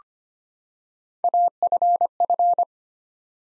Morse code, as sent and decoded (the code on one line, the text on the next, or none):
.- ..-. ..-.
AFF